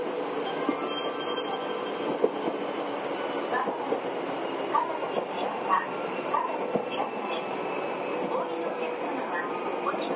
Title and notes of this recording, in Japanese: 伊豆急8000系 伊豆急下田〜伊東。伊豆急行線の全区間の録音です